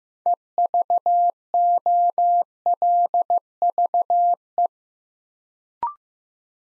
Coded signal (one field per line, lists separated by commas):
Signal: Morse code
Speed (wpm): 15 wpm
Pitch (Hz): 700 Hz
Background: none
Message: EVOLVE